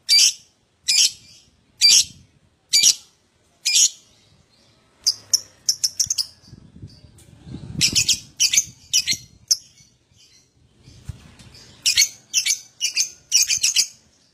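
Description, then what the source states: Lovebird song of harsh, high chirps, first spaced about once a second, then in quicker clustered bursts with faint twittering between. Adult lovebird, gacor (in full, steady song), owor owor style.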